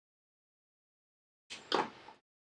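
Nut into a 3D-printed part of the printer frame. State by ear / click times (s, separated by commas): partly seated / 1.7 s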